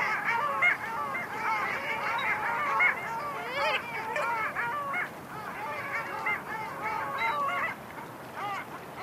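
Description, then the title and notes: Long-tailed Ducks calling in chorus, many bending, nasal notes layered over one another, steady and busy for the whole stretch. "Viikon luontoääni: Alli."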